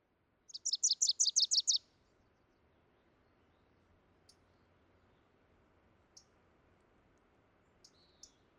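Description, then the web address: Wilson's warbler song, a rapid burst of several high chattering notes lasting just over a second, then quiet with a few scattered faint high chips. "soundandlightecologyteam"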